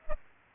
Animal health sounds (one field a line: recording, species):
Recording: mosquito wingbeat signal from an infrared sensor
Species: Aedes aegypti